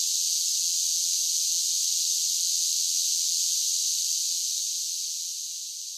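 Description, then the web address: Cicadas singing in a dense chorus, a steady high-pitched hissing buzz that holds evenly, then fades somewhat over the last second and a half. Large groups of cicadas singing. "Blast Wave 5 1 5 1 SSFX Cicadas Sing"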